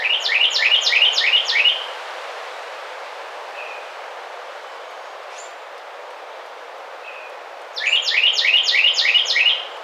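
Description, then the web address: Carolina wren songs, each a rapid series of several loud ringing phrases, separated by a quiet stretch with faint bird notes. Recorded 27 May 2009. "Carolina Wren 2009 05 27"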